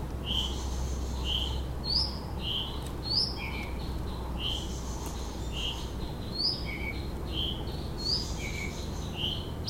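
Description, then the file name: White-tailed flycatcher singing with thin whistled notes, flat tones mixed with sharp rising slurs, repeated in quick succession over a low background rumble. "flycatcher-white-tailed -Cyornis-concretus"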